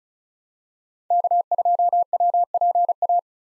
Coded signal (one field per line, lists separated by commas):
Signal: Morse code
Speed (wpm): 36 wpm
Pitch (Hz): 700 Hz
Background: none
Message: K2WPA